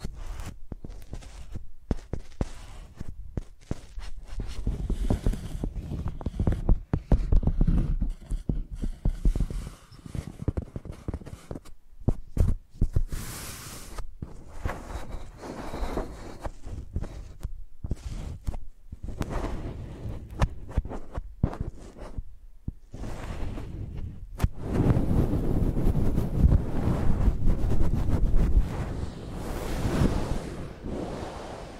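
Microphones are dragged and tapped like pencils, making scratchy rubbing and soft thuds in irregular bursts with short silent gaps. The sound is heavy and muffled, with a sharper hiss near 13 seconds and a denser, continuous rumbling scrape from about 25 seconds on.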